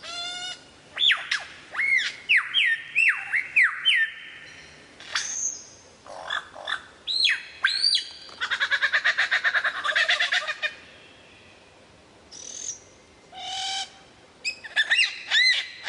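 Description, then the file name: Lyrebird song: a shifting medley of arched whistles, sliding notes, a long steady tone, a rapid rattling trill and sharp downward notes, changing style every few seconds. Song variations. "suara lyrebird variasi"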